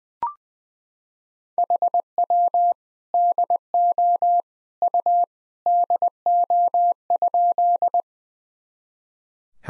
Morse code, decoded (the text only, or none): HW DO U DO?